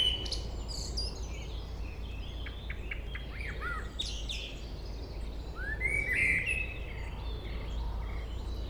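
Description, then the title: Common blackbird song: high clicking twitters early on, then one clear fluty rising phrase partway through, over a steady low hum. Local blackbird singing, recorded at Chindrieux, France. "Chemin des cris, Chindrieux, France - Merle"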